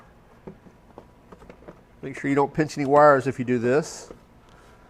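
A plastic access cover over the compressor compartment of a SetPower X50 50-quart battery-powered compressor cooler fridge freezer is handled as it is refitted. The panel slides down to lock into place with no screws. Light handling taps sound at about 0.5, 0.9, 1.0, 1.3 and 1.5 seconds before someone talks from about 2 to 4 seconds, and the clip ends with the panel not yet seated; nothing has clicked or locked yet.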